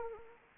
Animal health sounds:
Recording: mosquito wingbeat signal from an infrared sensor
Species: Anopheles arabiensis

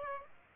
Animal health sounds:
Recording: mosquito wingbeat signal from an infrared sensor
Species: Aedes aegypti

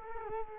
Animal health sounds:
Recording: mosquito wingbeat signal from an infrared sensor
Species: Culex quinquefasciatus

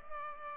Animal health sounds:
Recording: mosquito wingbeat signal from an infrared sensor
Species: Culex pipiens

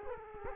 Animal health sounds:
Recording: mosquito wingbeat signal from an infrared sensor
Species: Culex quinquefasciatus

